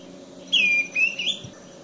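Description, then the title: Greenish schiffornis giving a single sweet whistle that drops, breaks, then lifts again in a wavering final note, heard against faint background hiss. "LuckyPassaro Completos2Sama. Greenish Schiffornis (Schiffornis virescens)"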